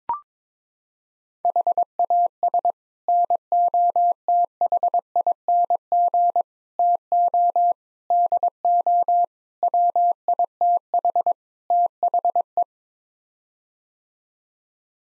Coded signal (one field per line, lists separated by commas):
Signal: Morse code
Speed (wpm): 22 wpm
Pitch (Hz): 700 Hz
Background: none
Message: HAS NOTHING TO DO WITH THE